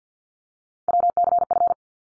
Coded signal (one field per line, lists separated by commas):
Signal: Morse code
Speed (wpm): 50 wpm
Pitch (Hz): 700 Hz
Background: none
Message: WCF